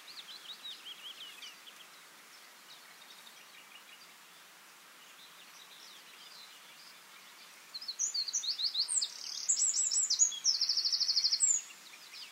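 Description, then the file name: Eurasian wren with faint high notes early on, then after a quiet gap a loud, rapid, varied outpouring of very high trills and chatter for about four seconds. "Troglodytes troglodytes"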